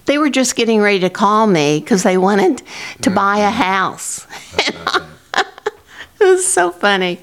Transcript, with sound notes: They were just getting ready to call me because they wanted to buy a house. (Laughing) It was so funny.